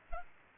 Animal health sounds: mosquito wingbeat signal from an infrared sensor; Culex pipiens

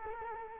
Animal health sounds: mosquito wingbeat signal from an infrared sensor; Culex quinquefasciatus

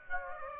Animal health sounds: mosquito wingbeat signal from an infrared sensor; Aedes aegypti

